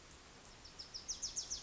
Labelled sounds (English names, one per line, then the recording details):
Wilson's Warbler
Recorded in Sonoma County, California